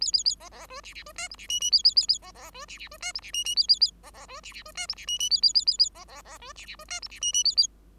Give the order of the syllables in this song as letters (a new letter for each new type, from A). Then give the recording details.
A A A B B C D D C E F D G G A A A A B B C D D C E F D G G A A A B B C D D C E F D G G A A A A A B B B C D D C E F D G G A A. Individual Bird5